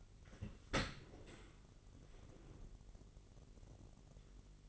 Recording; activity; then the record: daily activity, microphone in the room; open dishwasher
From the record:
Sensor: 4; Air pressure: 999.0 hPa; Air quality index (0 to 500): 126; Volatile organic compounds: 2 ppm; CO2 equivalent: 1233 ppm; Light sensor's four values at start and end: 7/18/7/7 and 7/16/6/7